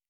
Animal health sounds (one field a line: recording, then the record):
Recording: hydrophone in a shrimp aquaculture tank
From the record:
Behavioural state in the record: normal